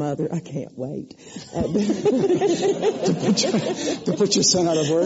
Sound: laughter

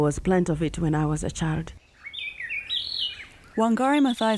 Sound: birdsong

